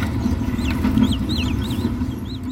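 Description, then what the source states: Naked mole rat chirps: a run of short, high, arched chirps over a steady low rumbling hum. Lab colony kept in an insulated habitat, heard when the lid is lifted; constant colony chatter, likened to little baby birds.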